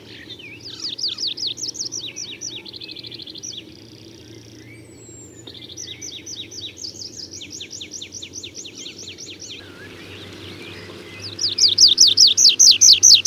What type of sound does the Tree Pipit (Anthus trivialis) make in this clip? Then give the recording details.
song. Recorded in the wild. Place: Groß Nemerow, Mecklenburg-Vorpommern, DE. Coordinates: 53.453, 13.186. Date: 1982-05-24. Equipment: Nagra III BH, Sennheiser MD 21, parabola. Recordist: Schubert, Michael